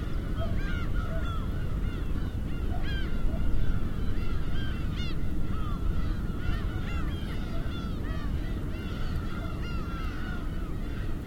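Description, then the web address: Gulls calling continuously, many overlapping arched mewing cries over a constant low roar of waves. Gulls with waves, Hachinohe. "Foundation 1 AMBIENCE HACHINOHE SEAGULLS WAVES"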